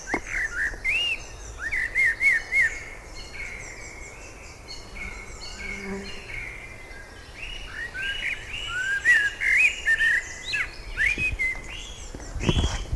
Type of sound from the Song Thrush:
song